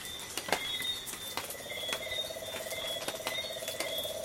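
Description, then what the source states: Tree frog trill, a rapid pulsed rattle starting after a second and running steadily, with sharp clicks and ticks and high steady insect tones throughout. Coastal night soundscape of tree frogs together with insects.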